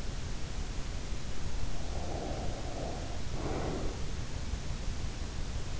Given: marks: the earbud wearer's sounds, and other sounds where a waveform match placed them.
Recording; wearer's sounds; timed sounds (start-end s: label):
sounds in sleep by an in-ear microphone; breath
1.95-4.09 s: breath